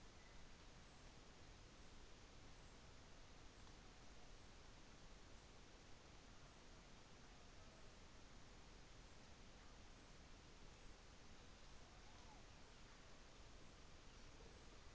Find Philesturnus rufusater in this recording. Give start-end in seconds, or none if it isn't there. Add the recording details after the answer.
none. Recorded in New Zealand on 24 December 2018. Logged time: 15:10